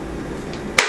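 A plastic internal piece of a Dye Rotor electronic paintball hopper (2016) is pushed down into the loader housing until it locks. After a steady low hum, a single sharp, loud snap at 0.8 s marks the piece seating into place.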